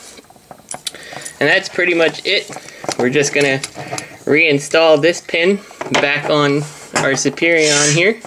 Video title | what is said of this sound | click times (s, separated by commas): Fixes: TFC Toys: Uranos #03 - SR-71 Blackbird Chest Mod | and it should just kind of lock into place down here | 0.7 s, 0.9 s